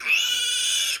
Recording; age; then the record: pig call; piglet (1 to 25 days)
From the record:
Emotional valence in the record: negative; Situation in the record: castration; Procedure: castration, cut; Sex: male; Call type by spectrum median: high-frequency call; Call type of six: high-frequency modulated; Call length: 1.00 s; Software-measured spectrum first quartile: 2869 Hz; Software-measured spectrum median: 3738 Hz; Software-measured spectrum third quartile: 7008 Hz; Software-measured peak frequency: 2640 Hz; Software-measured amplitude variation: 93 dB a second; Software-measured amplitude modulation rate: 24.4 a second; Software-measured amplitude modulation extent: 3.8 dB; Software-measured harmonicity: 6.3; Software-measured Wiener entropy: -2.48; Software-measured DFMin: 766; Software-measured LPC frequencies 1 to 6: 1469, 2530, 2884, 3462, 5218, 6271 Hz